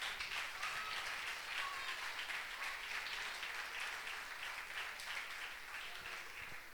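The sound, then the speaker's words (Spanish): A crowd claps steadily for several seconds, a dense, even wash of many hands with no talking, holding at a consistent level before easing slightly at the end. “Dale un aplauso nomás, no se enoje conmigo.”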